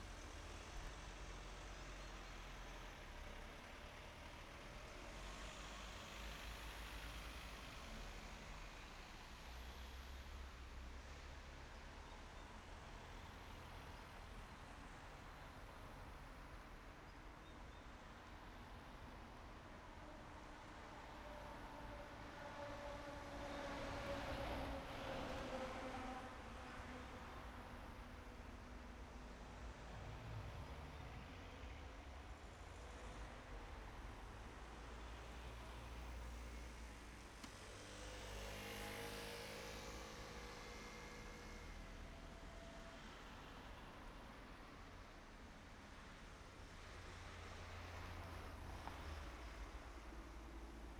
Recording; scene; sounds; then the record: everyday scene through a hearing-aid microphone; in traffic; traffic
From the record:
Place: main road on the outskirts, rush hour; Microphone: behind the ear, right, front